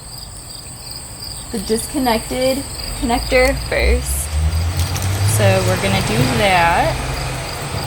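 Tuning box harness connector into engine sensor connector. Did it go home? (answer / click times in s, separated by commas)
no / none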